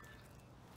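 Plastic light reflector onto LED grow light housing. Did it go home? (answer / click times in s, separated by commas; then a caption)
no / none. A plastic reflector is twisted gently to the right onto the housing of a Growstar DF-600W LED grow light, with plastic clips meeting plastic and too much torque avoided because the clips might break. Only a steady low rumble and faint handling noise are heard over 0.8 seconds. Nothing has seated or clicked yet.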